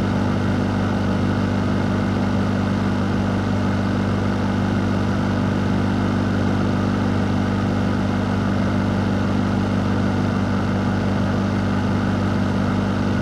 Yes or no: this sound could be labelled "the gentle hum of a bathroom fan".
yes